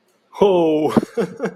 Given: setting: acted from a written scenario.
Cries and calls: vocal sound without words; amusement

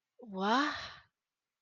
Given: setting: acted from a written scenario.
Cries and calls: vocal sound without words; confusion

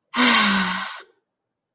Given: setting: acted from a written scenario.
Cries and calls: vocal sound without words; contentment

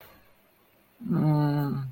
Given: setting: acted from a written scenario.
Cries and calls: vocal sound without words; shame

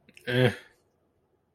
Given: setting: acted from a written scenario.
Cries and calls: vocal sound without words; neutral

